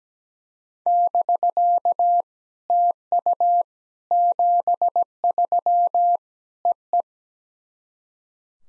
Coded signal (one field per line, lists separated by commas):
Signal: Morse code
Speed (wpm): 17 wpm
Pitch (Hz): 700 Hz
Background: none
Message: <BK> TU 73 EE